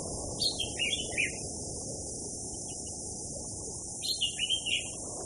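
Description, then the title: Orange-headed thrush giving two short, high, twittering song phrases, over a steady roar of wind and a constant high hiss. Song mixed with blowing wind sound, for therapy and as a master tutoring track for chestnut-capped thrush. "Anis Kembang. Suara Burung Anis Merah + Hembusan Angin Untuk Terapi"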